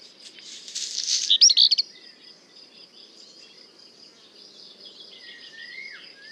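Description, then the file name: Black redstart song: a scratchy, crackling burst followed by a few sharp high notes, then a soft lower whistle and a steady high insect tone in the background. At le Puech. "chant de rougequeue noir merle noir le Puech"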